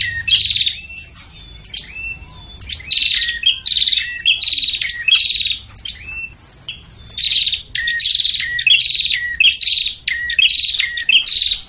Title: Suara Prenjak Ribut Ampuh Buat Pikat Burung Prenjak Kepala Merah Prenjak Tamu